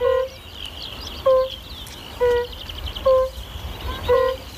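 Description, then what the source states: European fire-bellied toad calling: mellow tonal 'ooh' notes, five calls in a slow series, with high-pitched birdsong twittering in the background. Calls played back from a phone to attract the toad, in a forest with ponds.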